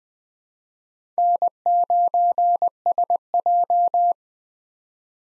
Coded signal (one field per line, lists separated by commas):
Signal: Morse code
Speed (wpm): 20 wpm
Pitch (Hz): 700 Hz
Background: none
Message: N9SJ